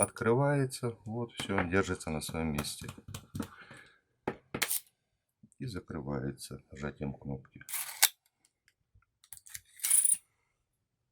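A repaired automatic umbrella is handled while someone talks, and short sharp snaps and a brief rattling burst are heard near the end as its button is pressed and the telescopic shaft is collapsed. Nothing has seated yet; the shaft's metal latch has not clicked home.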